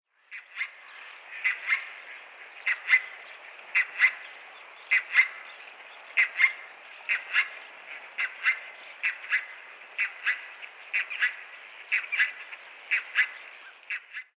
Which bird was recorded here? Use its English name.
Red-breasted Goose